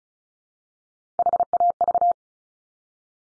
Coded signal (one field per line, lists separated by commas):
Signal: Morse code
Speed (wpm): 36 wpm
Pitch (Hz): 700 Hz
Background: none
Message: HAV